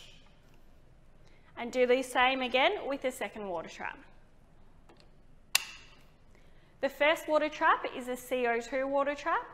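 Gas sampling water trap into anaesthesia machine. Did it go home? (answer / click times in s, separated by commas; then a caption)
yes / 5.6 s. Someone talks, then the second plastic gas-sampling water trap is inserted into its housing on a Zeus IE anaesthesia machine the same way as the first: its clips squeezed and pushed in firmly. A single sharp click at 5.6 s marks it seating in place, and someone talks again afterward.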